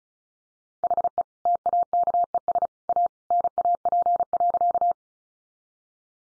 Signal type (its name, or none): Morse code